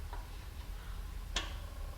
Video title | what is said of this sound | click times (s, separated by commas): Toyota Timing Chain Tensioner | you hear that that little click that meant that that hook which was holding slipped off release the tension | 1.4 s